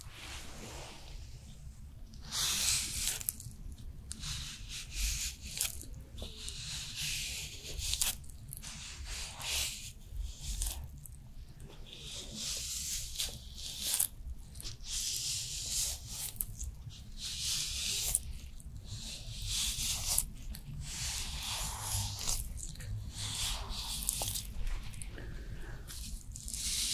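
A skincare routine with repeated bright, hissy crinkling and squishing bursts every second or two, over a steady low hum throughout.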